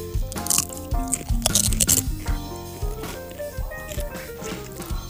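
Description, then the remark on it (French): Several loud, sharp crunches come in quick succession as someone bites into a yellow tortilla chip during a taste test, with steady music playing underneath throughout. “Oui, on va croquer dans la jaune.”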